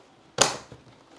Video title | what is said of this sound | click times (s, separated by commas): DREAME D20 Plus – How to Fix Mop Staying Dry (No Water) | sure it clicks, make sure it's seated well and it's stable. | 0.4 s